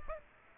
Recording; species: mosquito wingbeat signal from an infrared sensor; Aedes aegypti